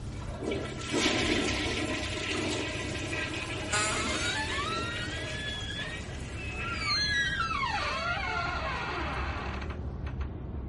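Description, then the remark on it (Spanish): A toilet in a girls' restroom with cubicles flushes with a loud rushing surge of water that gurgles and swirls for several seconds, with squealing, whistling pipe tones sliding up and down as the tank refills. “La cadena volvió a sonar una y otra vez, uniéndose todas las demás cabinas.”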